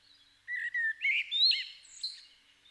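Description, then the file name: Common blackbird song: low mellow notes rising into a tumbling warble, ending with a thin high squeak. "Turdus merula"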